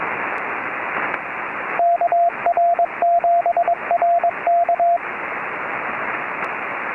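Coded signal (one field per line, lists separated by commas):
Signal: Morse code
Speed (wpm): 20 wpm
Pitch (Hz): 690 Hz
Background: radio noise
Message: KR7RK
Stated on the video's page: Summit activation, restored recording.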